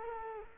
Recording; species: mosquito wingbeat signal from an infrared sensor; Culex quinquefasciatus